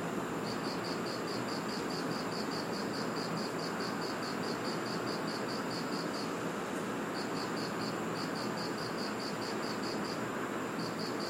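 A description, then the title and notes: Outdoors on a subtropical island, a steady wash of noise fills the scene, like traffic or wind, with a low hum underneath. Over it, a high, rapid chirping insect pulses in regular bursts, pausing briefly near the seventh second and again near the tenth. Recorded in Iriomote Island Okinawa Japan.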